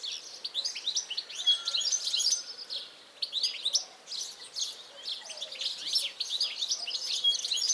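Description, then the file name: European goldfinch calls and twittering, a dense stream of quick high chirps and tinkling notes continuing throughout. "Carduelis carduelis"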